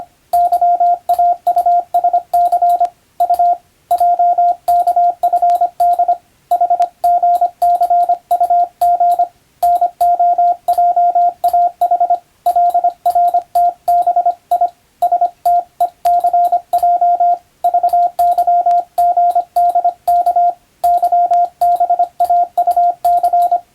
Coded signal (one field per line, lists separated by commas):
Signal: Morse code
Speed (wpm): 25 wpm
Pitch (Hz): 700 Hz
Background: radio noise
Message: YAUSC U JKFD HGCUG NOJAH LRTBI STECJ VYGDK YBAUC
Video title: 昔はモールス符号を駆使して船と陸との連絡する無線通信士という仕事がありました。今でも国家試験で実技があります。YouTubeの再生速度を設定して聞いてみよう morse code practice